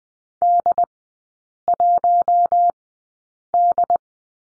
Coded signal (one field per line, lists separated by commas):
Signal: Morse code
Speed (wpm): 20 wpm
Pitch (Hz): 700 Hz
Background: none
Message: D1D